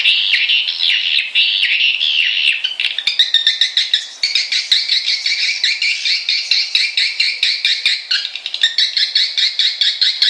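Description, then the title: Swiftlet calls: a dense stream of buzzy trills, breaking about midway into rapid, rattling chirps repeated in quick bursts. Swiftlet lure call from Kalimantan. "mp3 undang burung walet 1. Suara Walet Kalimantan"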